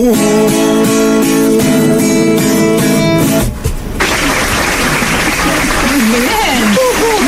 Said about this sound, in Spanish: Tenemos aplausos, aplausos grabados, ¿no?